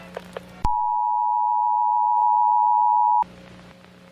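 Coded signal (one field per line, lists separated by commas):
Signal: Emergency Alert System (SAME) tones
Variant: 853 and 960 Hz attention tone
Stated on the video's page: A fictional EAS scenario assembled from pre-made scenario material, not a real alert.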